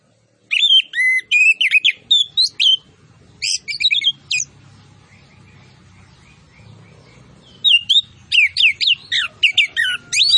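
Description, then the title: Orange-headed thrush song, rapid phrases of whistled slurs and sharp chirps in two bursts over a low background hum. Master recording of vigorous (gacor) singing with full fill-in phrases and 'tembakan cililin' style shots. "Anis Kembang Gacor. MASTERAN ANIS KEMBANG ISIAN FULL DENGAN TEMBAKAN CILILIN"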